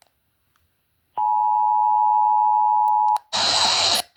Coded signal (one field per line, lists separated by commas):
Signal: Emergency Alert System (SAME) tones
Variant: 853 and 960 Hz attention tone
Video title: EAS #38-52 Flash Flood Warning on 21 FM Stations